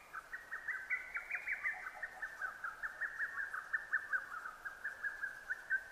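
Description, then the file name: Lesser cuckoo giving an unbroken run of quick, evenly spaced staccato notes for several seconds, with a faint hiss behind. Recorded 6 June 2009; Japanese name hototogisu. "hototogisu-20090606"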